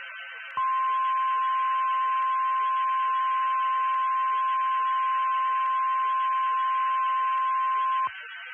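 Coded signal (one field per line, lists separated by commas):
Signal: Emergency Alert System (SAME) tones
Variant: 1050 Hz attention tone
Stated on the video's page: Fictional EAS scenario about a fire meteor, made as a Christmas special.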